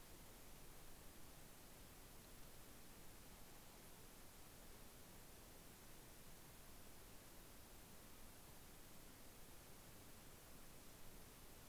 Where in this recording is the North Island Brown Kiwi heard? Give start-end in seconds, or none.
none